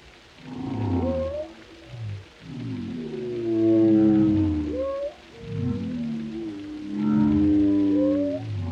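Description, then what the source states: Whale song of stacked low moans with upward-curling squeals, swelling and fading in overlapping waves throughout. Compilation of whale vocalizations for relaxation, including moans, resonant calls and melodic songs.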